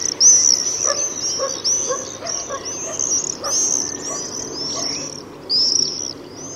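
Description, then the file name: Common swift screams, shrill buzzy trills repeated in quick bursts throughout. "Jerzyk"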